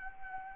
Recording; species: mosquito wingbeat signal from an infrared sensor; Anopheles arabiensis